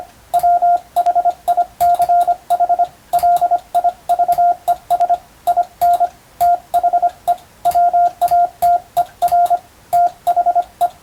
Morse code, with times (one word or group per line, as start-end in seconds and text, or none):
0.3-2.8 WHICH
3.1-5.1 LIVES
5.5-6.1 IN
6.4-7.3 THE
7.7-9.6 WATER
9.9-10.9 THE